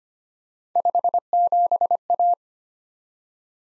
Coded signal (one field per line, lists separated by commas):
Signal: Morse code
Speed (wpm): 25 wpm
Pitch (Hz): 700 Hz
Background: none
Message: 57A